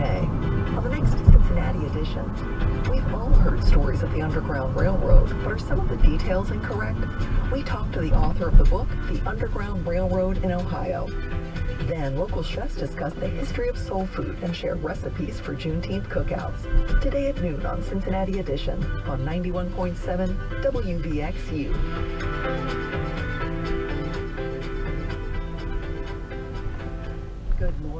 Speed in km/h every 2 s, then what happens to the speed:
37, 35, 32, 27, 18, 8, 6, 8, 11, 11, 8, 6, 8, 8.
0-11 slows to 6. 11-28 steady at about 8.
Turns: 12-17.